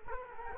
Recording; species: mosquito wingbeat signal from an infrared sensor; Culex quinquefasciatus